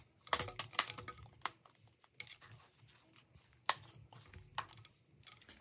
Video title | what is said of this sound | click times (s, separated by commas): OKP Case for iPad 10th Generation 2022, Heavy Duty Shockproof Rugged 10th Gen ipad Case Review | all right so it's completely snapped into place and look at this | 0.3 s, 0.8 s, 1.5 s, 3.7 s, 4.6 s